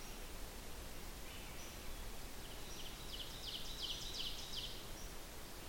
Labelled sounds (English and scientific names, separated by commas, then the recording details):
Ovenbird (Seiurus aurocapilla) song
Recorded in boreal forest in Alberta, Canada, on 16 June 2016 at 08:10
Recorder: SongMeter 3, array SBT-3-32
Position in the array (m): 111 m, 154 m
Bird 37